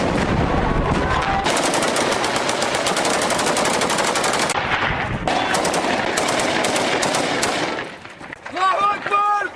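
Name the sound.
machine gun fire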